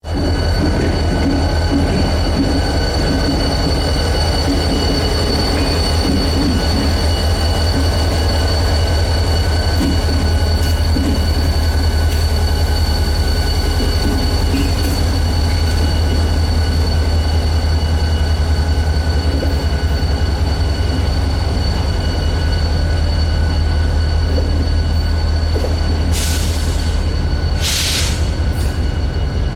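A train rolls steadily along the track with a heavy, constant low rumble and a dense rattle of wheels throughout. Thin high whining tones hold over the whole stretch, and a few short bright squeals or hisses break through near the end.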